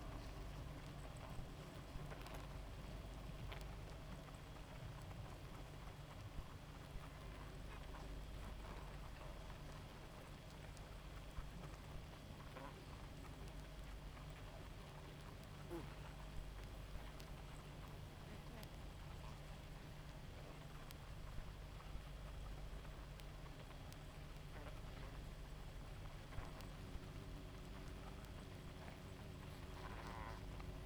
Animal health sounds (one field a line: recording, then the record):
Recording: honeybee colony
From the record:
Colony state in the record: active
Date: 28 July 2017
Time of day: 0:01